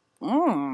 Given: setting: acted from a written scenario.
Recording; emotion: vocal sound without words; disgust